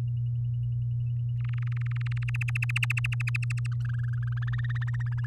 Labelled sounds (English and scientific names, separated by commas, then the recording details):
Domestic Canary (Serinus canaria) song
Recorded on 8 May 2018 at 06:14
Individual llb16